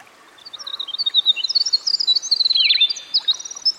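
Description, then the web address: Winter wren song rising out of quiet into fast, high, tinkling trills and warbles, with a short downward-swooping note partway through and soft background noise. Recorded by a stream. "Dan Gibson Songbirds By The Stream. Winter Wren"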